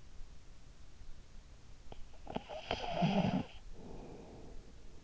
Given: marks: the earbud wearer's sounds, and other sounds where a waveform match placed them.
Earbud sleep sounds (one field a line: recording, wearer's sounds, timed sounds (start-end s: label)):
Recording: sounds in sleep by an in-ear microphone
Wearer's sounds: snoring breath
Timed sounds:
1.57-5.02 s: snoring breath